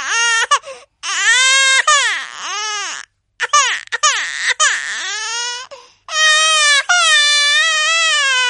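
High-pitched, strongly voiced infant crying in about four bouts, with rising and falling wails separated by brief pauses for breath. Each bout is loud and sustained, with a clear, shrill tone. An ordinary baby cry.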